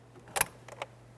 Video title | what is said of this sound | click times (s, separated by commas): How to Replace Airbag Clock Spring 2005-2010 Chevrolet Cobalt | i heard two clicks i'll let it go and gently try to pull it away | 0.4 s, 0.8 s